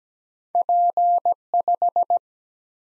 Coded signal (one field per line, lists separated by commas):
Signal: Morse code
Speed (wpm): 17 wpm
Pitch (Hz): 700 Hz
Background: none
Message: P5